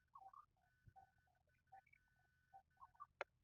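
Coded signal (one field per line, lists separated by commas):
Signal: none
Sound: video sound effect beeps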